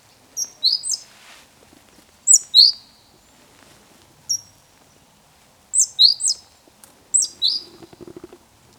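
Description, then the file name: Great tit, high piercing call notes in brief single, doubled or tripled bursts at irregular intervals, a soft low rattle near the end. "Parus major"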